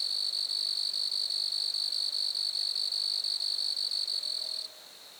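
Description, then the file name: Grasshopper giving a high, pulsing buzz for most before it cuts off, leaving only a fainter buzz. Lac-à-François, Montcerf-Lytton, Quebec, Canada. "criquets-grasshoppers- -lac-acc 80-franccca 7 ois-montcerf-lytton-quecc 81 bec-canada"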